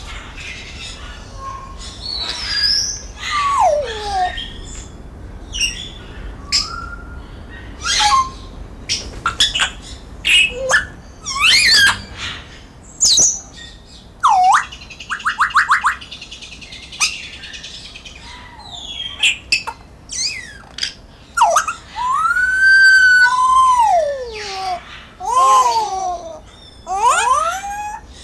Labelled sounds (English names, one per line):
Grey Parrot call